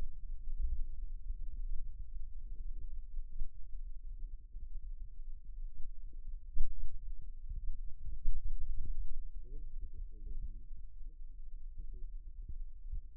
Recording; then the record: forearm muscle sounds (acoustic myography)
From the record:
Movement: rest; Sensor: system 2, bracelet of six BSWA MPA416 microphones around the upper forearm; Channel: 1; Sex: male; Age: 22 years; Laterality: right